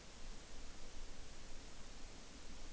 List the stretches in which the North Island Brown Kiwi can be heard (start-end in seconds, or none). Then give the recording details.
none. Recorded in New Zealand on 5 June 2013. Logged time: 02:19